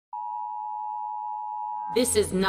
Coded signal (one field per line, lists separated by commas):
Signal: Emergency Alert System (SAME) tones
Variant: 853 and 960 Hz attention tone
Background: speech